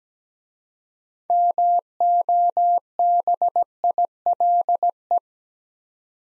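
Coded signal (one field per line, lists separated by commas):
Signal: Morse code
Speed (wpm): 17 wpm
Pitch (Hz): 700 Hz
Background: none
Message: MOBILE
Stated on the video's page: Morse practice sending six-letter words at 17wpm for head-copy drill, each word sent twice.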